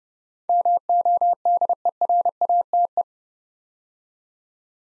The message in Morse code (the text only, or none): MODERATE